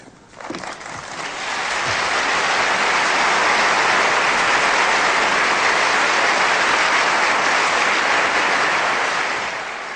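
A large crowd gives an ovation after a speech by Allende, sustained applause that swells within the first two seconds and holds steady as a dense, loud wash of clapping, easing slightly near the end.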